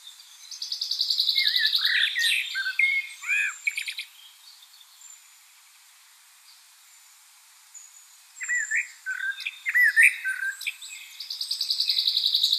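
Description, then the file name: Common blackbird warbling in fluty, looping notes with squeaky ends, while a rapid high buzzy trill sounds at the start and end. "Turdus merula"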